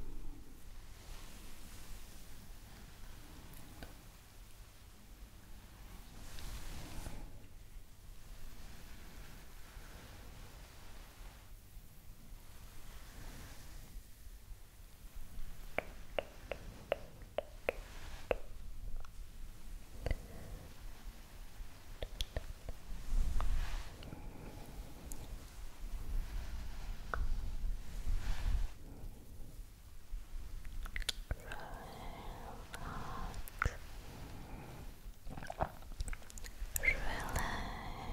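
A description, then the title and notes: A massage with soft rubbing and handling sounds, mostly low and muffled, with quiet stretches between busier bursts. Brief sharp ticks and crinkly taps appear from about fifteen seconds on, and the touching grows louder and more frequent toward the end. ASMR Massage For Relaxation.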